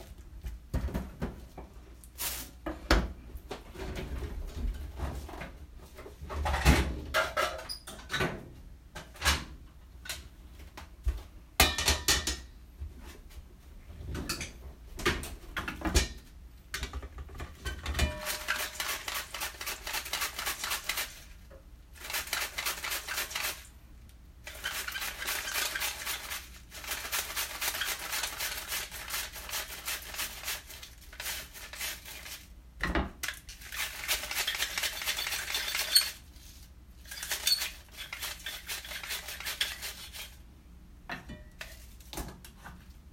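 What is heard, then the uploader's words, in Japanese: Kitchen sounds: for the first eighteen seconds, sharp knocks and clinks of dishes and cutlery come in irregular bursts. After that a steady hiss of running water dominates, broken by brief pauses and occasional clatter, with a low hum underneath throughout. キッチンの音。水の音が心地よい！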